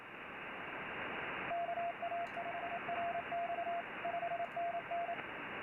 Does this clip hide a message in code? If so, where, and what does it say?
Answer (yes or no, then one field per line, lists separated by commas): yes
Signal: Morse code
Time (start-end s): 1.5-5.1 s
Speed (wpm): 26 wpm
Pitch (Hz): 690 Hz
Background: radio noise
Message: KA5RX 5NN